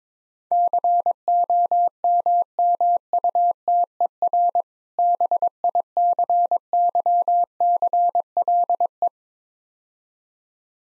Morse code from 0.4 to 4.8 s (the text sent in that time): COMMUTER